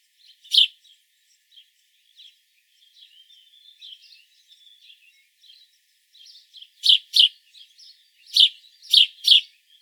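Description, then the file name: House sparrow chirps, a lone loud chirp then a quiet stretch of softer twittering before a burst of loud doubled chirps near the end. "Passer domesticus"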